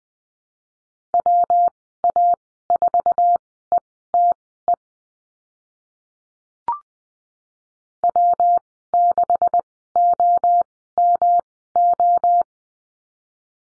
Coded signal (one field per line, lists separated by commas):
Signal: Morse code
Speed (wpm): 20 wpm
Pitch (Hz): 700 Hz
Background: none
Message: WA4ETE W6OMO